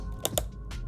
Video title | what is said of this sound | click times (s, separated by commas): Epic 2025 Gaming PC Build - Surprising Results! | So just line it up with the slot, and then you're just gonna push down firmly until you hear it click on both sides. | 0.2 s, 0.4 s